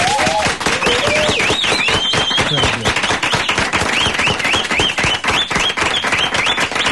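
Loud, sustained audience applause welcoming a guest: dense, rapid clapping that continues steadily for the whole stretch, with high, sliding whistles and scattered cheers rising above it.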